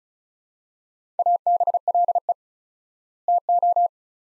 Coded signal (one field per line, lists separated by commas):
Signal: Morse code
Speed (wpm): 36 wpm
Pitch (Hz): 700 Hz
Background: none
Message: ABLE TO